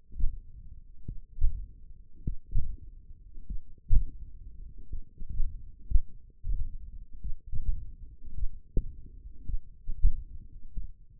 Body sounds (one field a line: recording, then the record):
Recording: forearm muscle sounds (acoustic myography)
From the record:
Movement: finger pinch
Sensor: system 1, eight BSWA MPA416 microphones around the upper forearm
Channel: 4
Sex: male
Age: 21 years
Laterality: right